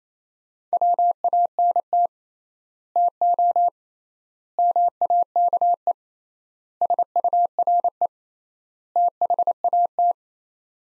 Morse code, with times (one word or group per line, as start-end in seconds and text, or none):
0.7-2.1 WANT
3.0-3.7 TO
4.6-5.9 MAKE
6.8-8.1 SURE
9.0-10.1 THAT